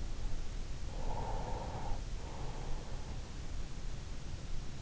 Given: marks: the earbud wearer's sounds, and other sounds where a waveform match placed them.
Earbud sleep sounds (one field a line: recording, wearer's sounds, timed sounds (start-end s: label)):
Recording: sounds in sleep by an in-ear microphone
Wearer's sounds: breath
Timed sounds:
0.67-2.61 s: breath